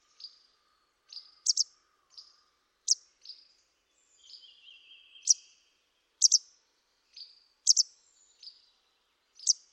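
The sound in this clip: Bird calls: many sharp, very high chips given irregularly, some doubled, with a faint buzzy trill in the middle.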